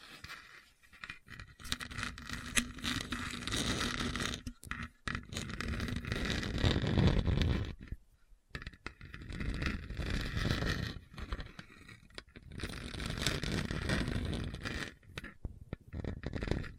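Rough scraping and scratching against a hard, bumpy surface, in long grinding passes broken by short silent gaps, the clearest near 8 seconds and 12 seconds. The scrape is dense and gritty with a rumbling low end, plus a faint steady hum early on.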